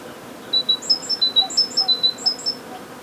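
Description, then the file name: Great tit: bright, thin whistled notes in quick pairs, alternating lower and higher pitches. "Parus major"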